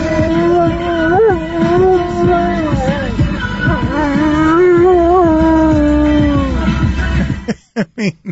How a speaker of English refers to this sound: They're just different dogs howling.